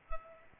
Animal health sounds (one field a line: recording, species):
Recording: mosquito wingbeat signal from an infrared sensor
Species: Culex pipiens